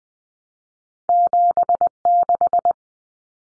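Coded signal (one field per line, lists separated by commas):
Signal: Morse code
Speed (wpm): 20 wpm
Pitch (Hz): 700 Hz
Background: none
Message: 76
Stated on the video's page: Cut-number practice at 20 wpm, with T, A, N for 0, 1, 9; each two-digit number is sent twice.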